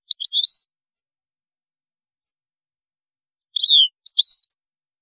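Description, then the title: European goldfinch uttering two short, bright twittering phrases with sliding notes, separated by about three seconds of silence. "Chant Chardonneret"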